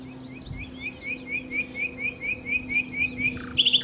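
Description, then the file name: Common nightingale song: a steady run of many rising whistled notes, ending in a brief loud burst of notes, with a faint low hum. "Nachtigall"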